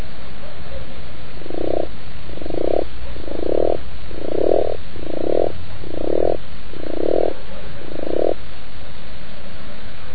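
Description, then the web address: Frog croaking, eight short, low, rasping croaks repeated roughly once a second over a steady hiss. "zaby"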